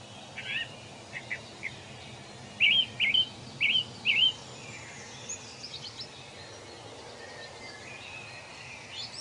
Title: Forest and Nature Sleep Sounds - Soothing Birds Singing